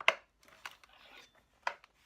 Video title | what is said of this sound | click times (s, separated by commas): Giro Switchblade Mips Helmet Unboxing Review! | it should click in. | 0.1 s